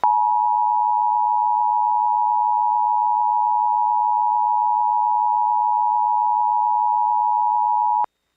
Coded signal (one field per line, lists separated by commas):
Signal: Emergency Alert System (SAME) tones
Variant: 853 and 960 Hz attention tone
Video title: (EAS #99) WTAP-TV - Severe Thunderstorm Warning (5/2/2025)